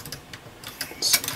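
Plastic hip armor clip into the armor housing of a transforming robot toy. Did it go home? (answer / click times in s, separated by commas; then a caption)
no / none. The small plastic clip on the articulated hip armor piece of a Bandai DX VF-25 armor transforming robot toy is handled and pushed toward the housing that held the intake shield. Light ticking and tapping handling sounds are heard, with brief sharper taps at about 0.8 and 1.3 seconds. Nothing has seated or clicked into place yet.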